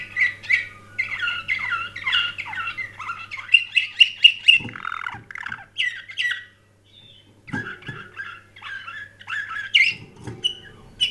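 Canary song of fast trills and repeated sharp notes, a silent break, then further warbled phrases with a few soft knocks and a low hum.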